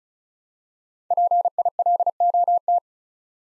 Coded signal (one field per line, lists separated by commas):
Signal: Morse code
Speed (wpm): 36 wpm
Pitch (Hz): 700 Hz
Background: none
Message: PILOT